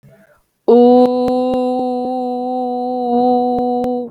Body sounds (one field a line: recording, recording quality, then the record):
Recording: sustained vowel as in boot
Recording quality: excellent, no background noise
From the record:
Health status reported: healthy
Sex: female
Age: 20 years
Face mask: not worn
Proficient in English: yes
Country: India